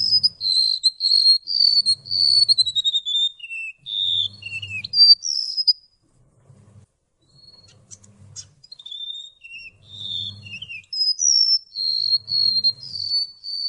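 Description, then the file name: Golden-bellied gerygone song of long strings of thin, high descending whistles, pausing for a couple of seconds midway before resuming, with a faint low hum in places. "suara remetuk laut omkicau"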